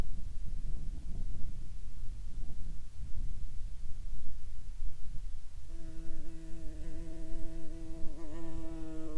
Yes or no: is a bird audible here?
no